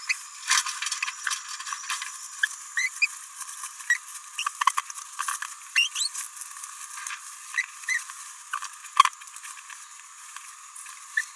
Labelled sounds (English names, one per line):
Green-rumped Parrotlet babbling